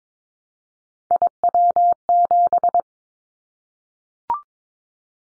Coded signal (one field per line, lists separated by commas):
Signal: Morse code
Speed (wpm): 22 wpm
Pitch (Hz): 700 Hz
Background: none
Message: IW7